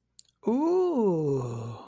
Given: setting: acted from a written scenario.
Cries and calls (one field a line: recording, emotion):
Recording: vocal sound without words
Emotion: ecstasy